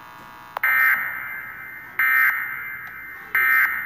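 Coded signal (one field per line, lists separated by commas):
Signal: Emergency Alert System (SAME) tones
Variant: end-of-message bursts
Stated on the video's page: Fictional EAS scenario about a spreading disease.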